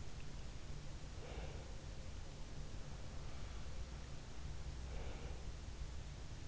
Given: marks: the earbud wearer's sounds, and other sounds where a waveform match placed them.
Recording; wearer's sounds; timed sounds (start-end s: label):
sounds in sleep by an in-ear microphone; breath
0.71-2.22 s: breath
4.78-5.96 s: breath